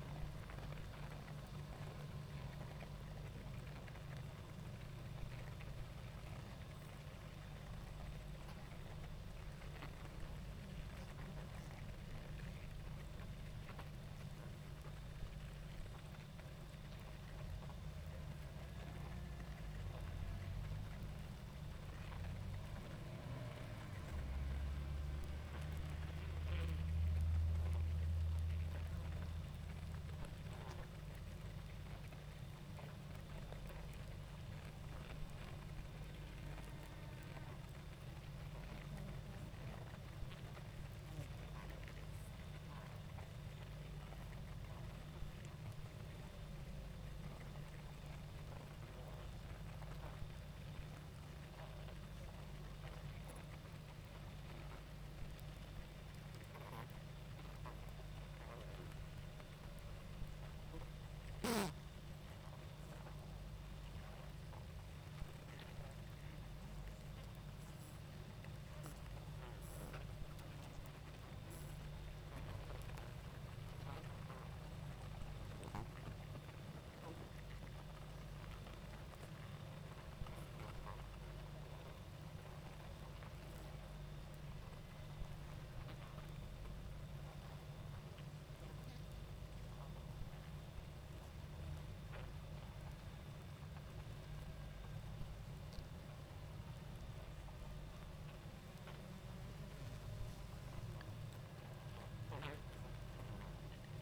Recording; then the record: honeybee colony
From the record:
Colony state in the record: active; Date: 28 July 2017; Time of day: 19:56